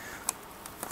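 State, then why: Seated. A removable roller brush, cleaned of wrapped hair, is put back into the floor head of a Samsung Power Stick Pro stick vacuum. A sharp click at 0.3 s marks it clipping and locking into place, followed by softer handling taps near 0.7, 0.8 and 0.9 s. The brush is seated.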